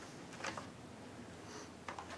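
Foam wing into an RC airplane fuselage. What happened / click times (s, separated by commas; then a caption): The wing snapped onto the fuselage / 1.9 s. The foam wing of an E-Flite Shoestring 15e EF1 ARF RC racer plane is pressed onto its fuselage, without the spar fitted, with faint handling rustle and a few light ticks near 0.5 s. It snaps in with a sharp click at 1.9 s, followed by brief small clicks, and seats in a snug, tight fit.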